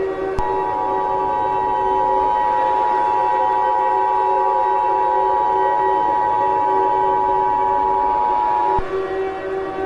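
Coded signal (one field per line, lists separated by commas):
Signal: Emergency Alert System (SAME) tones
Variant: 853 and 960 Hz attention tone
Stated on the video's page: Fictional EAS scenario about nuclear chaos in the United States.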